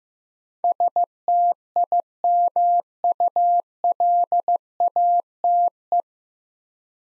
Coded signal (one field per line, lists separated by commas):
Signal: Morse code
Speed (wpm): 15 wpm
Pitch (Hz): 700 Hz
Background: none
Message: STIMULATE